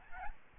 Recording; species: mosquito wingbeat signal from an infrared sensor; Aedes albopictus